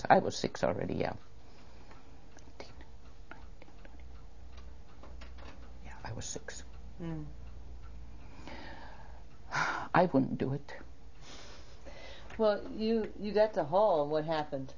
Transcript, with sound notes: I was six already, yeah. Yeah I was six. (sighs) I wouldn't do it.
Well you - you got to Hull - what happened?